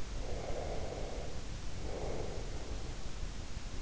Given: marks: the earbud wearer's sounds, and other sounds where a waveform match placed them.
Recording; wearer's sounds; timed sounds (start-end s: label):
sounds in sleep by an in-ear microphone; breath
0.04-3.26 s: breath